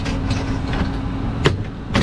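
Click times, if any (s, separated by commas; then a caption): 1.5 s. The last plastic dash trim piece is pressed into place in the dashboard during reassembly, over a steady low background noise. It snaps in with a sharp click at 1.5 s, seating the piece, and a second, softer sharp sound follows at 2.0 s.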